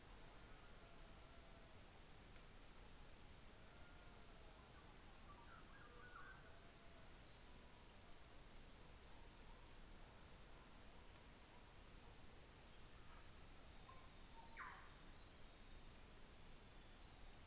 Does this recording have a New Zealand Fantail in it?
no